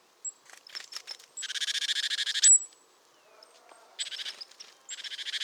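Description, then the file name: Great tit calls, harsh buzzy churring bursts repeated in rapid pulses, mixed with thin high notes and faint softer chirps. "Parus major"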